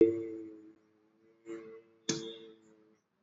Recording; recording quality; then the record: sustained vowel as in made; moderate, slight background noise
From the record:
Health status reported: exposed to COVID-19, no respiratory illness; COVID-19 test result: not tested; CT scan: not taken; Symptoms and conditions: none ticked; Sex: male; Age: 31 years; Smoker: yes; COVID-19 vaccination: both doses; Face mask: worn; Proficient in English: yes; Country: India